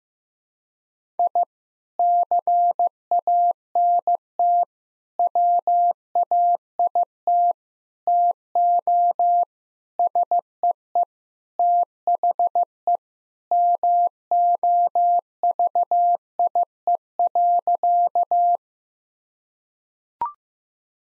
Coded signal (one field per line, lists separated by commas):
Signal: Morse code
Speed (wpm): 15 wpm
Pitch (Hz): 700 Hz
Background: none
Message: I CANT WAIT TO SEE THE MOVIE.